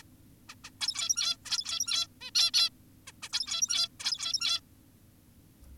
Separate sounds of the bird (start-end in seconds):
0.49-0.55, 0.64-0.71, 0.81-1.37, 1.46-2.07, 2.21-2.31, 2.35-2.51, 2.54-2.70, 3.07-3.12, 3.23-3.29, 3.33-3.88, 4.00-4.60